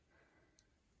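Bobbin thread on a Privileg Voll-Zickzack 210 sewing machine is pulled through the small slit of the bobbin case or shuttle. A short, bright click is heard at 0.6 s over a quiet, steady background. The thread is seated in the case slot.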